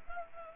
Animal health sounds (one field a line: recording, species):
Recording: mosquito wingbeat signal from an infrared sensor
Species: Anopheles gambiae